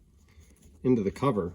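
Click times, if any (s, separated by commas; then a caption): none. Someone handles the plastic roller assembly of a peristaltic pump, working it up into the pump cover with thumb pressure on a roller. Faint, quiet handling sounds come first, then someone talks from about 0.8 s to the end. Nothing has seated or clicked yet.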